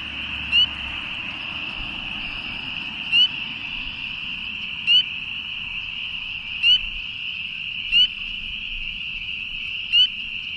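Spring peeper giving single high rising peeps every couple of seconds over a steady background chorus of shrill calling.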